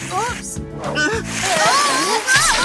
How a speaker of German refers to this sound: Keine Sorge, der spritzt nicht, wenn ich nicht so belle wie jetzt. Aber der Wasserstrahl war schon losgegangen.